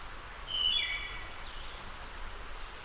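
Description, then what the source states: Wood thrush song phrase: a short run of clear whistled notes, then a high buzzy trill, against a steady noisy background. Labelled as a return.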